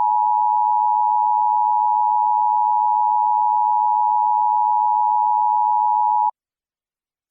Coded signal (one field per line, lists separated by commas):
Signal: Emergency Alert System (SAME) tones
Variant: 853 and 960 Hz attention tone